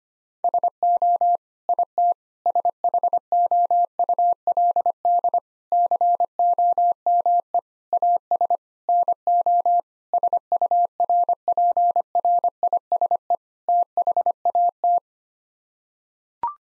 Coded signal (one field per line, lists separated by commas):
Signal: Morse code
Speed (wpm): 25 wpm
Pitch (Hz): 700 Hz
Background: none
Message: SO IT SHOULD COME AS NO SURPRISE THAT